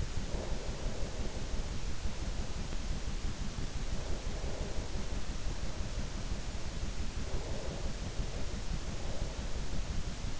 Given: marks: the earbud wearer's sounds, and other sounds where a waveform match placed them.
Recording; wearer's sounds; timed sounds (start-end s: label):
sounds in sleep by an in-ear microphone; breath
0.00-3.70 s: breath
3.84-7.03 s: breath
7.18-10.40 s: breath